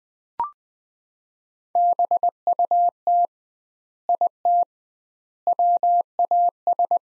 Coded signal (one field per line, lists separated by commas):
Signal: Morse code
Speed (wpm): 20 wpm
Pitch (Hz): 700 Hz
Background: none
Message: BUT IT WAS